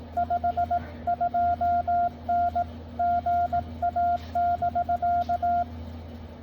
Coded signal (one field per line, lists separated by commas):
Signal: Morse code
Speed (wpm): 18 wpm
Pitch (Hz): 700 Hz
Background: none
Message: 52N GA<BK>